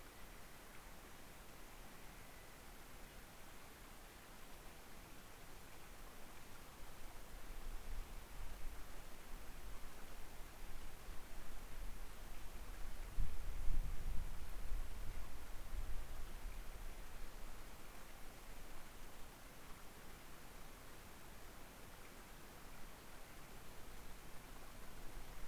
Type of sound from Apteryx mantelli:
male call